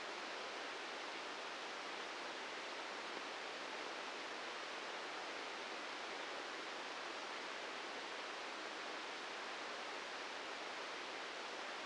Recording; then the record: brain microelectrode recording played as sound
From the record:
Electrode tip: inside the subthalamic nucleus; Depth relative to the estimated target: -1 mm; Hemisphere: right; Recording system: NeuroSet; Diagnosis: Parkinson's disease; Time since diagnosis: 8 years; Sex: male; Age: 59 years